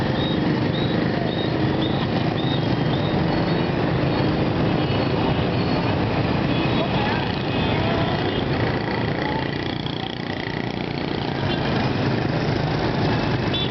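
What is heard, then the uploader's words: Dense city traffic at a busy intersection, a constant rumble of many engines with no pauses. Short repeating high tones, like horns or beeps, come in the first few seconds, and faint voices mix into the steady roar throughout. Saigon/HCMC traffic, Au Co & Lac Long Quan. This was my first time crossing a busy street in Vietnam.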